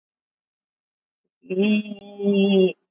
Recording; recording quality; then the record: sustained vowel as in beet; excellent, no background noise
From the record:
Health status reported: COVID-19 positive, mild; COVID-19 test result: positive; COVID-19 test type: RT-PCR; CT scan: taken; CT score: 5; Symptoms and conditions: fatigue, muscle pain, hypertension, diabetes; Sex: female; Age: 65 years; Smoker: no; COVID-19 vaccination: one dose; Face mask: not worn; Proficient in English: yes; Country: India